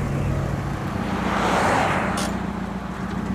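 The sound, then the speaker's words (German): A car pulls off the motorway into a service area: a steady, loud engine drone with low hum and broad road roar, swelling briefly in the middle before settling. No one speaks. “An der nächsten Raststätte fuhr ich raus und Kurt kroch aus dem Wagen.”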